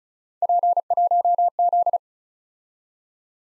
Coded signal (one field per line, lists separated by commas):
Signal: Morse code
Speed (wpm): 35 wpm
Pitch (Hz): 700 Hz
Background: none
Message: P1Z